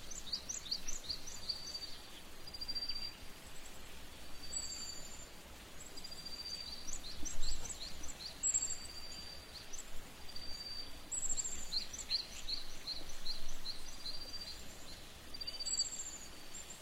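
In a field of yellow rapeseed flowers, small birds chirp in high, quick bursts throughout, over a steady low rumble of wind.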